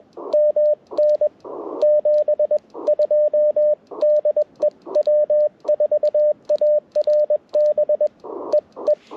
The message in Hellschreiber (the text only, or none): none